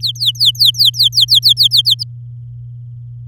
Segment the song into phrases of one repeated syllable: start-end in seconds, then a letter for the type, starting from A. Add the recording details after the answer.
0.00-2.03 A. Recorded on 11 May 2018 at 05:44. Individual llb16